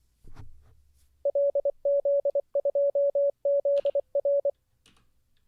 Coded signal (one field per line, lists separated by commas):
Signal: Morse code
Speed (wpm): 24 wpm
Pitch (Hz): 560 Hz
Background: none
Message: LZ2ZR